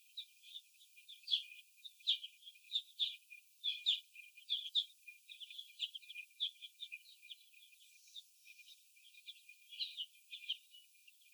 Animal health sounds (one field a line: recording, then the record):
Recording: young laying hens in a cage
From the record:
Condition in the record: before the stressor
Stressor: sudden umbrella opening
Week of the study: 2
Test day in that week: 1